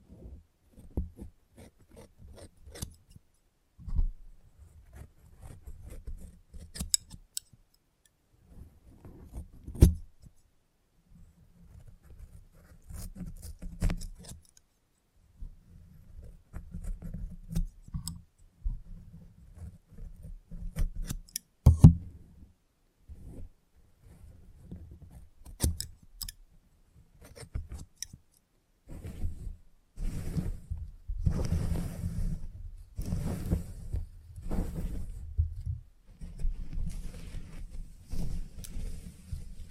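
Scissors snip in quick bursts during a haircut, with sharp bright clicks scattered through and clustered near four, seven and ten seconds. A low steady buzz like a clipper comes and goes from about fifteen seconds, growing denser and louder after thirty, while soft rubbing sounds fill the gaps.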